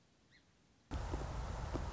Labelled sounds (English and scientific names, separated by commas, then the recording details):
Song Sparrow (Melospiza melodia)
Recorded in Sonoma County, California